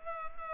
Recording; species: mosquito wingbeat signal from an infrared sensor; Culex pipiens